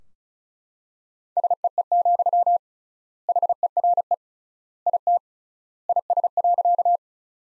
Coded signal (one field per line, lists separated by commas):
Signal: Morse code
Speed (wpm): 36 wpm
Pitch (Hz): 700 Hz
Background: none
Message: SEE, HERE IT IS.